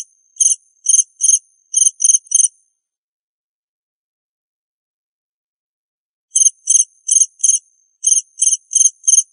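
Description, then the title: Cricket chirps, high and thin, in a short burst of about six, then nearly four seconds of silence before another burst of about eight chirps. "suara Hujan Guntur Suara Jangkrik Dan Burung"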